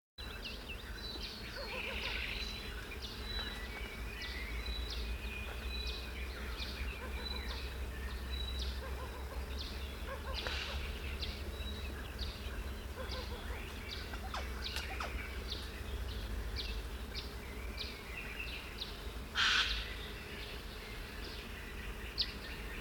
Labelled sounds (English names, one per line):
Eurasian Jay call